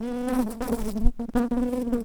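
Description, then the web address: Shrill carder bee buzzing with a steady low drone that briefly breaks off and resumes, carrying strong higher overtones. Workers. "Sylvarum workers"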